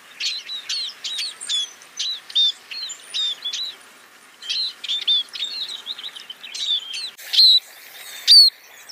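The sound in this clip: Scaly-breasted munia: high chattering chirps from a scaly-breasted munia, delivered in quick clusters with short gaps, ending in a couple of sharper, brighter notes.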